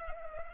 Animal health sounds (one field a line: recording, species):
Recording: mosquito wingbeat signal from an infrared sensor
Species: Culex pipiens